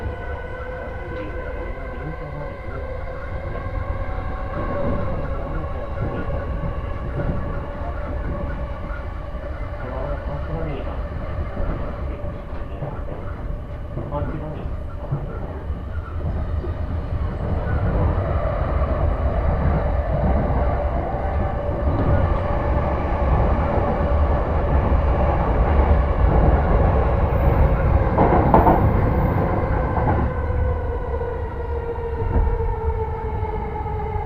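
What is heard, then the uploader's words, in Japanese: Riding aboard a rapid train on the Uchibo Line between Chiba and Kisarazu, a steady low rumble of the carriage fills the whole clip, with a sustained whining tone that dips slightly in pitch. The running noise swells after about fifteen seconds, with brief clatters around twenty-eight seconds. 鉄道旅 内房線快速 千葉→木更津。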